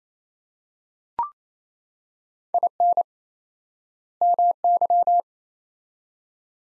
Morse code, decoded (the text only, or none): IN MY